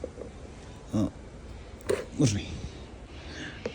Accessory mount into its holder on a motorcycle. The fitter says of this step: ఇలా పెట్టి ఇది లూస్ ఉంది లాక్ అవ్వలేదు